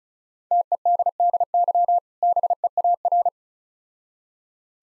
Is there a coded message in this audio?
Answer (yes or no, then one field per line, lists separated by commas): yes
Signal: Morse code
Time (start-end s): 0.5-3.3 s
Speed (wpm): 36 wpm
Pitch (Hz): 700 Hz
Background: none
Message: TEDDY BEAR